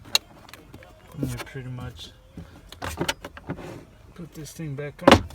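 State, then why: Seated. After a new cabin air (dust and pollen) filter goes into a 2018 Honda Clarity plug-in hybrid, the plastic filter cover is pushed back into the housing behind the glove box, where it should click on both sides. A sharp, loud click at 0.2 s shows the cover seating. Someone then talks over faint handling noises, and a loud, short burst of noise comes near the end at about 5.1 s.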